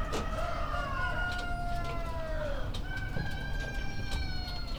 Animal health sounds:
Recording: poultry house recording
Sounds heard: healthy chickens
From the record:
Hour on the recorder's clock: 21

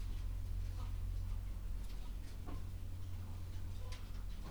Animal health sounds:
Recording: poultry house recording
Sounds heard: sick chickens (respiratory disease)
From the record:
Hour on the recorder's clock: 11

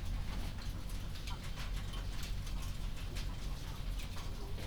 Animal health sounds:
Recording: poultry house recording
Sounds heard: healthy chickens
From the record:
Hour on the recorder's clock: 21

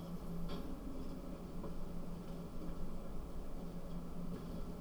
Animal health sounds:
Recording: poultry house recording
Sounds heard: no chicken sound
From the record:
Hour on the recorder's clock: 22

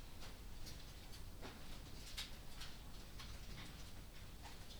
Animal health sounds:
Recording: poultry house recording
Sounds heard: no chicken sound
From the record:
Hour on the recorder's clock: 21

